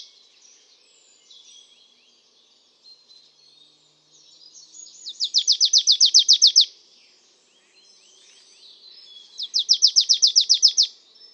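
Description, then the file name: Marsh tit delivering two quick strings of bright, high chipping notes a few seconds apart, over soft twittering. "Poecile palustris"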